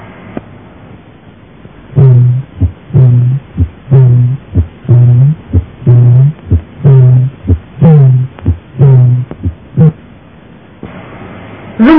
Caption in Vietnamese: Nếu một cánh van động mạch chủ lộn xuống phía thất trái, gây hở lỗ van, thì tiếng thổi tâm chương nghe như tiếng âm nhạc, được tả như tiếng chim gù, hay còn gọi tiếng píu tâm chương.